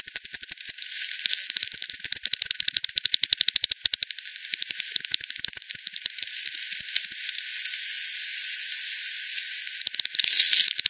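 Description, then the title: Rapid bat ticks crowd the first half in dense rattling runs, then thin to sparse scattered clicks over a quiet hiss toward the end. Multiple bats at Hogsmill River by Hogsmill Lane, 7 October 2020 at 18:10; frequency-division bat detector recording (FD10), band-pass filtered and resampled. "WW bat 20201007 T 18 : 10 Z-Hogsmill-Lane-Hogsmill-River-multiple-bats"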